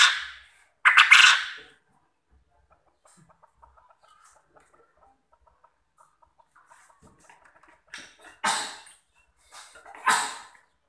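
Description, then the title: Quail giving harsh, grating bursts, loud ones near the start and near the end, with faint ticking in between. Quail call used as a lure (pancingan) to make other quail answer and call vigorously. "Burung Puyuh Mana Yang Tidak Nyaut Dan Gacor Dengan Pancingan Ini"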